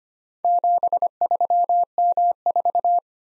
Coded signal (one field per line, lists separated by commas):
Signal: Morse code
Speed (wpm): 25 wpm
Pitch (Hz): 700 Hz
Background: none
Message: 73M4